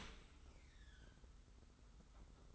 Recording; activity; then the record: daily activity, microphone in the room; open dishwasher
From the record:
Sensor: 3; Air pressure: 991.3 hPa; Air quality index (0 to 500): 134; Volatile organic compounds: 217 ppm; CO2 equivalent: 4266 ppm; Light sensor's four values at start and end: 51/139/56/50 and 51/139/56/50